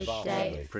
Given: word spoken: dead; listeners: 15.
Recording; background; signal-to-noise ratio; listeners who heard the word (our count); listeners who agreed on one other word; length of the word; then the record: one English word in noise, from a listening test; four-talker babble; -2.9 dB; 1 of 15; 7 of 15; 0.40 s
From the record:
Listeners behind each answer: 7, 1, 1, 1, 1, 1, 1, 1, 1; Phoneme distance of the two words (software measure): 17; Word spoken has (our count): 1 syllable, 3 phonemes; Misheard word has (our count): 1 syllable, 2 phonemes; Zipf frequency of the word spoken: 5.15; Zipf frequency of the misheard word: 5.99